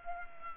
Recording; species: mosquito wingbeat signal from an infrared sensor; Culex pipiens